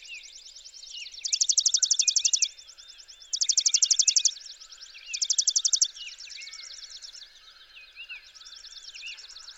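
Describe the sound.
Chipping sparrow song, dry rapid chip trills about a second long, three in sequence, with fainter overlapping trills and slurred notes from other birds behind.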